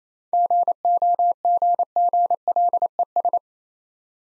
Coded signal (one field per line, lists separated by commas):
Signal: Morse code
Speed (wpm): 34 wpm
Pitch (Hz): 700 Hz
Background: none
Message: GOGGLES